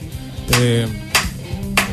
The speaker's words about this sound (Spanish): Ahí ya, fíjate, eso que se escucha es uno que está martillando los caños de la carpa.